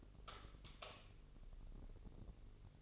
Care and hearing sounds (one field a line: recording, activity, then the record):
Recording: daily activity, microphone in the room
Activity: light off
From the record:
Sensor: 4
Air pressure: 996.1 hPa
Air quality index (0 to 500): 68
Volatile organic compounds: 2 ppm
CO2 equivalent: 1251 ppm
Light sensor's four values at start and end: 17/45/17/18 and 15/33/13/13